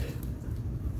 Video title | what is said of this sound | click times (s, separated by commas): 07 Nissan Altima 2 5l I4 P0303 Diag. and Tune-Up ( Part 2 ) | it's locked in there though but it didn't click okay | none